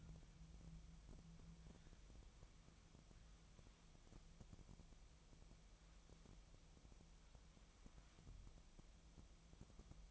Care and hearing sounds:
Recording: daily activity, microphone in the room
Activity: wipe stove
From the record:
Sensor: 1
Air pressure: 1004.8 hPa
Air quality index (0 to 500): 82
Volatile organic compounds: 2 ppm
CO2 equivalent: 1098 ppm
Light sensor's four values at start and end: 9/23/9/10 and 9/22/9/9

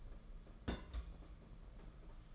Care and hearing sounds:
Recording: daily activity, microphone in the room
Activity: place on stove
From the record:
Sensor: 5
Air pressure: 992.2 hPa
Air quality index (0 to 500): 210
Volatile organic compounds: 1000 ppm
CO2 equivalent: 6096 ppm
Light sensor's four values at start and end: 6/14/5/6 and 6/14/5/6

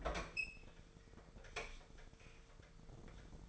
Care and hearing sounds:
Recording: daily activity, microphone in the room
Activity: open fridge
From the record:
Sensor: 5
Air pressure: 1015.0 hPa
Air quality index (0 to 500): 182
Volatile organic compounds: 7 ppm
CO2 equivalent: 2003 ppm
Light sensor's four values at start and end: 87/203/89/99 and 92/211/93/104

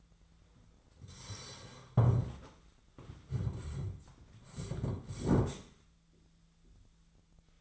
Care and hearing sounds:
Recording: daily activity, microphone in the room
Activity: sit down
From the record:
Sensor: 3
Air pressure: 1008.1 hPa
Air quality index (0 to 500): 192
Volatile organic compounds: 14 ppm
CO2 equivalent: 2466 ppm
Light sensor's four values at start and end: 13/32/14/14 and 12/29/13/13

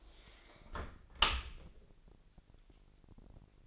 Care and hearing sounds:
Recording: daily activity, microphone in the room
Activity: close dishwasher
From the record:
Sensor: 5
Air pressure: 1000.7 hPa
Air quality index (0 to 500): 249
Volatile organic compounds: 35 ppm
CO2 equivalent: 3059 ppm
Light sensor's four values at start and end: 31/72/29/27 and 31/71/28/27

